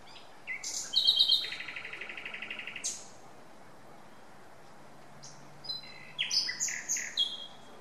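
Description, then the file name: Common nightingale song with clear piping notes leading into a long rapid trill, a pause, then a jumble of sharp varied notes. "Luscinia megarhynchos"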